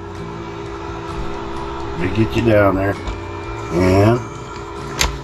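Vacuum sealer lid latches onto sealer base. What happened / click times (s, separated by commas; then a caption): Lid is being positioned by hand and has not yet latched; a sharp tick at the very end could be mistaken for a latch / none. The edge of a bag is laid into a Foodsaver vacuum sealer, whose lid is meant to be pressed down on both sides until its latches click onto the sealer base before the vacuum starts. Someone talks over steady background music, and a brief sharp tap sounds at about 5.0 s. Nothing has seated or clicked yet when the clip ends.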